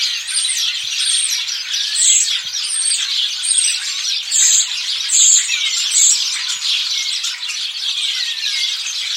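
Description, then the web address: Bird calls with a piercing high whistled note repeated several times, set against a continuous chorus of chirping and twittering birds. "Deverinetal 2025. Bird Only"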